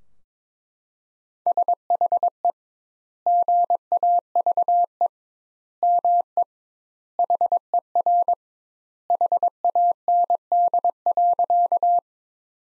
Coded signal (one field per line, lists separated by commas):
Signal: Morse code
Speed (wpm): 22 wpm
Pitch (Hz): 700 Hz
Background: none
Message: SHE GAVE ME HER HAND.